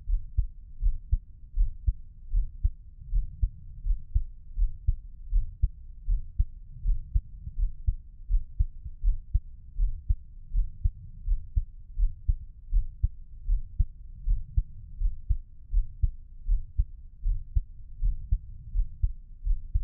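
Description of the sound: A normal adult heartbeat, steady at about 80 beats per minute, with low thumping beats and no talking, picked up by a black 3Dio binaural microphone for ASMR.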